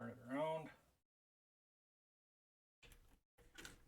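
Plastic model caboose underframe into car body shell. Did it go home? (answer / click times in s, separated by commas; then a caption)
yes / 2.9 s, 3.7 s. A plastic HO-scale caboose underframe is turned around to match its unevenly spaced mounting points and pressed into the car body shell. Someone talks at the start, then after a silence there are two sharp plastic snaps at 2.9 s and 3.7 s as the underframe seats into the body.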